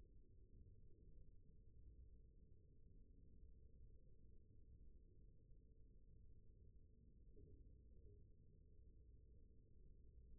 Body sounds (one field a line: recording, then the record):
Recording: forearm muscle sounds (acoustic myography)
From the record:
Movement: rest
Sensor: system 1, eight BSWA MPA416 microphones around the upper forearm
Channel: 1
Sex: female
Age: 21 years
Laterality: right